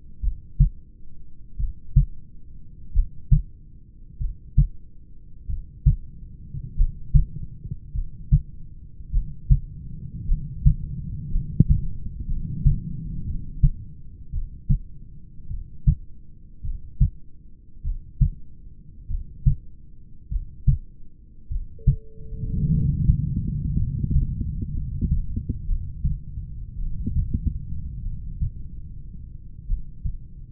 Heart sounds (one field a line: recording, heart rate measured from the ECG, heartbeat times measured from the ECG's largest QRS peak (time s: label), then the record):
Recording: heart sounds by stethoscope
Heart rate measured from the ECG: 51 bpm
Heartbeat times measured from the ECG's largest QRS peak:
0.25 s: heartbeat
1.62 s: heartbeat
2.97 s: heartbeat
4.23 s: heartbeat
5.51 s: heartbeat
6.80 s: heartbeat
7.97 s: heartbeat
9.15 s: heartbeat
10.31 s: heartbeat
11.34 s: heartbeat
12.30 s: heartbeat
13.28 s: heartbeat
14.36 s: heartbeat
15.53 s: heartbeat
16.67 s: heartbeat
17.87 s: heartbeat
19.13 s: heartbeat
20.34 s: heartbeat
21.53 s: heartbeat
22.74 s: heartbeat
23.81 s: heartbeat
24.77 s: heartbeat
25.70 s: heartbeat
26.81 s: heartbeat
28.07 s: heartbeat
29.71 s: heartbeat
From the record:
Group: heart failure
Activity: rest 0-26 s, breath hold 26-31 s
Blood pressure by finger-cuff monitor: 126/76 mmHg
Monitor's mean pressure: 87 mmHg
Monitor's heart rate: 50 bpm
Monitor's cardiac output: 5.1 L/min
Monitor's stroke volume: 99 mL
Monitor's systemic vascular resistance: 1230 dyn s/cm5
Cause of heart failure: familial cardiomyopathy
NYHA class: 1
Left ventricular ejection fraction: 49%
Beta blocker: bisoprolol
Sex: male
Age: 31 years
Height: 194 cm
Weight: 96 kg